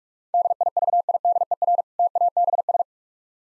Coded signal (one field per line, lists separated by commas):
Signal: Morse code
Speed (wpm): 45 wpm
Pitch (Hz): 700 Hz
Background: none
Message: DIVIDER TABS